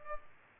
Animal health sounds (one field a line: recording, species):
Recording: mosquito wingbeat signal from an infrared sensor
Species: Culex pipiens